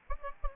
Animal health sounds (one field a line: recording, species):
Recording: mosquito wingbeat signal from an infrared sensor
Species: Aedes albopictus